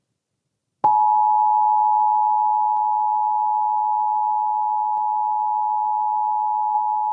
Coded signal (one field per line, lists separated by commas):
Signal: Emergency Alert System (SAME) tones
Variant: 853 and 960 Hz attention tone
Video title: EAS: Pennsylvania Required Monthly Tests (7/18/19)(EAS #146-150)